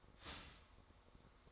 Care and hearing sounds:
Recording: daily activity, microphone in the room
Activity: start toaster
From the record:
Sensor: 3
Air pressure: 1004.2 hPa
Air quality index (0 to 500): 201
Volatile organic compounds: 15 ppm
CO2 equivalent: 2518 ppm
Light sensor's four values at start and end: 4/11/4/4 and 4/11/4/4

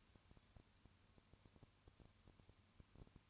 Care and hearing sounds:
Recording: daily activity, microphone in the room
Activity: no activity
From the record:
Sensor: 2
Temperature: 20.3 degrees Celsius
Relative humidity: 35.6%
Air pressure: 1001.0 hPa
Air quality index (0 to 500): 197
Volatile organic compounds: 5 ppm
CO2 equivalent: 1736 ppm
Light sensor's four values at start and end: 2/3/2/2 and 2/3/2/2

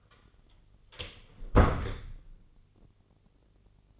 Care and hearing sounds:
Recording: daily activity, microphone in the room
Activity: close door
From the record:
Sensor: 4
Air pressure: 1010.0 hPa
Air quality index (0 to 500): 189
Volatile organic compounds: 3 ppm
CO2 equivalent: 1357 ppm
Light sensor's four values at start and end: 30/74/30/32 and 33/81/33/34

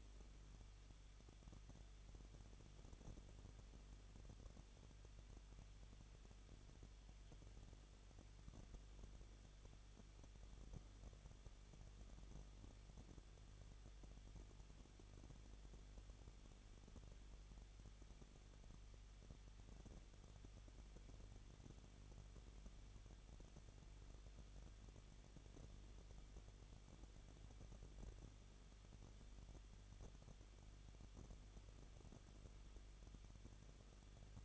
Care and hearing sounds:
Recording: daily activity, microphone in the room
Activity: no activity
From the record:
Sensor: 4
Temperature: 23.0 degrees Celsius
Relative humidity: 34.3%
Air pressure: 1007.3 hPa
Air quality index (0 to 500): 217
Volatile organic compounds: 15 ppm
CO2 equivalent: 2514 ppm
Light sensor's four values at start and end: 2/3/1/1 and 2/3/1/1

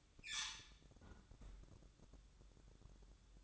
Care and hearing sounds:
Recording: daily activity, microphone in the room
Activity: close fridge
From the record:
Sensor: 3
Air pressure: 1007.7 hPa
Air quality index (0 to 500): 71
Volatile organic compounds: 1 ppm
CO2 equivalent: 646 ppm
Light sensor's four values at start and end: 12/29/12/12 and 12/29/12/12

